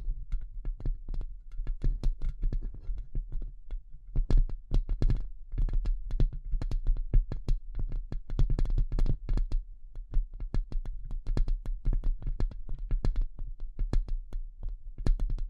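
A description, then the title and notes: Delicate tapping in quick, uneven clusters of sharp clicks throughout, over a steady low hum, with brief pauses between bursts. ASMR Delicate Tapping (No Talking).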